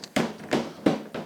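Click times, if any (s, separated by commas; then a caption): 0.2 s, 0.9 s. Two side latch clips are pushed closed to lock the top of a Festool CT20 VA Cyclone Interceptor onto its plastic waste container, giving two strong, sharp snaps at 0.2 s and 0.9 s, with softer knocks around 0.5 s and 1.1 s. The clips lock and the cyclone top and container are completely joined together.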